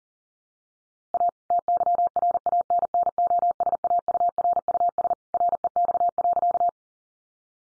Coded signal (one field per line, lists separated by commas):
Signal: Morse code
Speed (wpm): 40 wpm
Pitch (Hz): 700 Hz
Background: none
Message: A TYRANNOSAURUS REX.